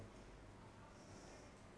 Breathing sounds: one breath in and out by a microphone near the nose and mouth; normal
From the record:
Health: marked as sick, illness not named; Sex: female

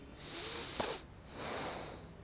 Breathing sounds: one breath in and out by a microphone near the nose and mouth; deep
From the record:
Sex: male

